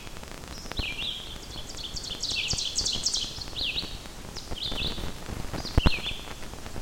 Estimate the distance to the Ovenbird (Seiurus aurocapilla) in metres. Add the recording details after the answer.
about 25 m. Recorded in boreal forest in Alberta, Canada, on 14 June 2016 at 08:05. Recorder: SongMeter 3, array SBT-3-33. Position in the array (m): 161 m, 184 m. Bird 46